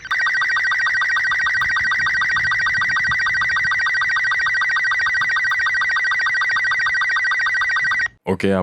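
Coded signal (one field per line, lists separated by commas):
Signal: SSTV (slow-scan television)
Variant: Robot 36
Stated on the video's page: SSTV images sent from a Baofeng 888s handheld radio, encoded with an Android app.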